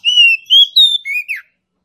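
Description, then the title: Oriental magpie-robin song, one pure whistled phrase: a long level note, two higher slurred notes, then a lower note and a quick downward flick. Female Oriental magpie-robin song used to lure a male that has stopped singing into singing and fighting; described as persistent full bursts of song. "KACER NGOTOT FULL TEMBAKAN. Suara kacer betinamemancing kacer jantan yg macet bunyi"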